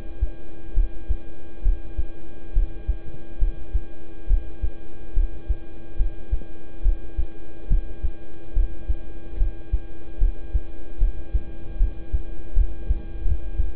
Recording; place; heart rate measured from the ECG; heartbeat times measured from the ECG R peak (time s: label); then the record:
heart sounds by stethoscope; between the tricuspid and mitral areas; 72 bpm
0.74 s: heartbeat
1.62 s: heartbeat
2.53 s: heartbeat
3.38 s: heartbeat
4.27 s: heartbeat
5.14 s: heartbeat
5.96 s: heartbeat
6.82 s: heartbeat
7.68 s: heartbeat
8.53 s: heartbeat
9.37 s: heartbeat
10.18 s: heartbeat
10.98 s: heartbeat
11.77 s: heartbeat
12.54 s: heartbeat
13.23 s: heartbeat
From the record:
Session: rest, lying down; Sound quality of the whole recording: good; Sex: male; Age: 26 years